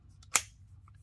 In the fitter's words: here it snap into place and the back piece does not move